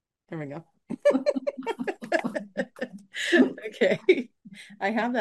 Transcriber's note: laughs; laughs